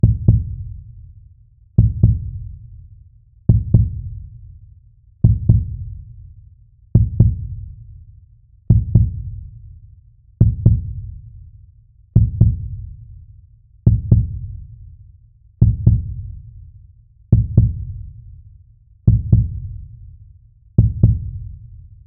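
A steady adult heartbeat.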